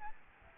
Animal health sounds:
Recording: mosquito wingbeat signal from an infrared sensor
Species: Aedes albopictus

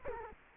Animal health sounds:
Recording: mosquito wingbeat signal from an infrared sensor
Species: Culex quinquefasciatus

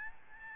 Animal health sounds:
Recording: mosquito wingbeat signal from an infrared sensor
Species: Aedes albopictus

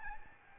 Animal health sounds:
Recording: mosquito wingbeat signal from an infrared sensor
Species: Aedes albopictus

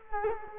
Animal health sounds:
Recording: mosquito wingbeat signal from an infrared sensor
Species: Culex quinquefasciatus

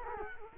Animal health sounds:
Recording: mosquito wingbeat signal from an infrared sensor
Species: Culex quinquefasciatus

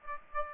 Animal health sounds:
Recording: mosquito wingbeat signal from an infrared sensor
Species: Aedes aegypti

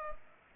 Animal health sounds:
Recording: mosquito wingbeat signal from an infrared sensor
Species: Culex pipiens

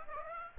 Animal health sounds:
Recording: mosquito wingbeat signal from an infrared sensor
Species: Aedes aegypti

